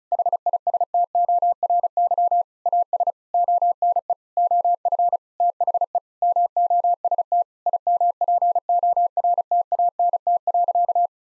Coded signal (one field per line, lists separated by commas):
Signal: Morse code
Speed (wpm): 36 wpm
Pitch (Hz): 700 Hz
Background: none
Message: HISTORY AS ONE OF THE MOST IMPORTANT.